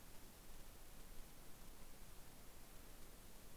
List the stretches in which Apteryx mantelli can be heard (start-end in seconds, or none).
none